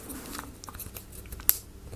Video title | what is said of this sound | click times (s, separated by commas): Ugears Mini Locomotive Unboxing-Page 15 | Alright, I heard it click there. | 1.5 s